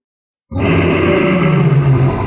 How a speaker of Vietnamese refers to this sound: Nương theo đó là một tiếng gào thét làm rung động lắc lư tâm thần.